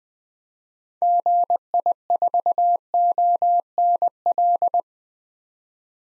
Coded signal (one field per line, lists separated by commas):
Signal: Morse code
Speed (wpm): 21 wpm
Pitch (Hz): 700 Hz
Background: none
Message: GI4ONL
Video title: 2023 SOTA Activator Call Signs - 20wpm